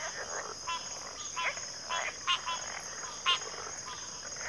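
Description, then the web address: High steady cricket chorus with a handful of separate buzzy chirps spaced unevenly across the few seconds. Cricket chorus recorded at a backwater. "Natures Songs Sleep Sounds of Nature CRICKETS Backwater Chorus"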